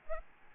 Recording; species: mosquito wingbeat signal from an infrared sensor; Aedes albopictus